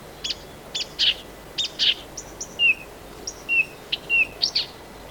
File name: Marsh Warbler (Acrocephalus palustris)